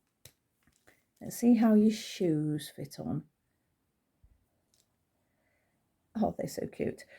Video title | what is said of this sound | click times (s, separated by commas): #Vintage and #Barbie Finds at Elsecar Antiques Centre | nothing massive you can hear it clicking | 0.3 s